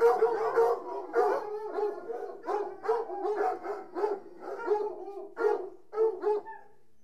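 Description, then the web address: Dog barking and yowling, repeated barks with howl-like drawn notes, tailing off at the end. From the BBC Sound Effects Library, CD 38. "The BBC Sound Effects Library - Complete 60 CDs Collection Sound Effects Library-38 (Horses # 2 and Dogs)"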